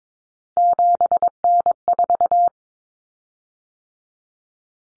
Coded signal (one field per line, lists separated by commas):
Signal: Morse code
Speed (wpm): 22 wpm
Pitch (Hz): 700 Hz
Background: none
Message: 7N4